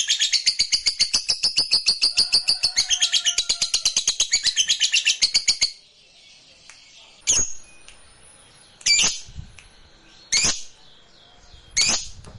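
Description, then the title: Lovebird in fast high chattering song for about six seconds, then falls quiet, followed by four short sharp chirps spaced roughly one and a half seconds apart. Fighter-type lovebird singing energetically (gacor). "SUARA Lovebird FIGHTER GACOR"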